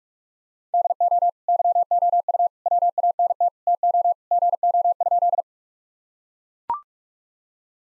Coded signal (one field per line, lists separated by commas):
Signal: Morse code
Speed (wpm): 41 wpm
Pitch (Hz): 700 Hz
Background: none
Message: DO YOU WANT TO GO?